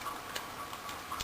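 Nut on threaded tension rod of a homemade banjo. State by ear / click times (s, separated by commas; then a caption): not seated / none. A nut is being snugged down on a threaded tension rod, with about a quarter inch of thread, on a homemade banjo made from transmission parts to tension the head. Light ticking sounds are heard, with two sharper ticks at 0.4 s and 1.2 s. The nut fails to catch on the rod, and nothing has seated or clicked yet.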